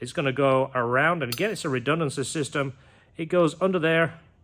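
Someone talks while the seat support bar of a Honda Motocompacto folding scooter is swung around and under the scooter's frame, a redundancy system for the seat. The clip is mostly speech with a brief pause near 3.0 seconds, and no distinct mechanical sound stands out. Nothing has seated or clicked yet; the bar has not latched into the scooter body.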